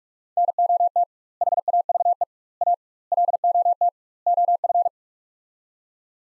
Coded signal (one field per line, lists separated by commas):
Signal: Morse code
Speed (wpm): 46 wpm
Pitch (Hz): 700 Hz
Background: none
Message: NOT HAVE A LOT OF